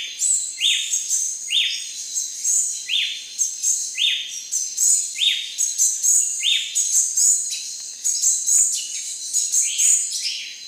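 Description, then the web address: Ochre-breasted Tanager calls: short, upswept notes repeated roughly once a second, over a steady high-pitched background chorus. Ecuador. "Natures Songs S America Birds of Ecuador Ochre-breasted Tanager"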